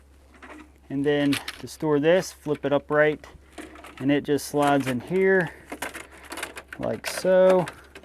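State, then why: Not seated. Someone talks while an accessory for a Ridgid 10" R4514 Pro Jobsite Table Saw with stand is flipped upright and slid into its on-board storage holder on the stand. Light knocks and rattles are heard between about 5.7 and 6.6 s. Nothing has seated or clicked yet; the part is not home by the end of the clip.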